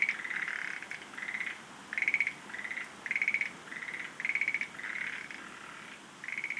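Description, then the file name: Schlegel's green tree frog giving short pulsed chuckles in a steady series of clicking rattles over soft background hiss. "rodolphe alexis - rhacophorus schlegelii"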